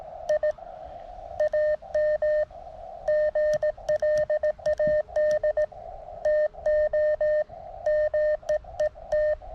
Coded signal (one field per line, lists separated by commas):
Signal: Morse code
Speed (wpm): 18 wpm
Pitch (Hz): 1800 Hz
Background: none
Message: I AM GLAD TO MEET